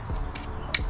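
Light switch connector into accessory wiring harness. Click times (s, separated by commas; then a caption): 0.8 s. The plastic connector of a door-pocket light kit's small switch is plugged into the accessory wiring harness on a 2025 Toyota Highlander XSE. A faint tick comes at 0.4 s, then a single sharp click at 0.8 s over a steady low background. The connector is seated.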